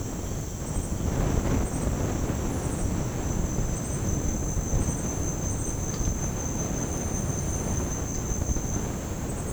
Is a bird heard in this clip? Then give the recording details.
no. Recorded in dense forest near Puerto Asís, Putumayo, Colombia, on 25 June 2025 at 09:00. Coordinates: 0.486, -76.317. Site G065